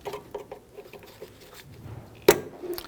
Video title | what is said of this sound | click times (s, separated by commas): How to Replace Headlights 2011-2017 Nissan Quest | you can hear and hear them snap into place | 2.3 s, 2.8 s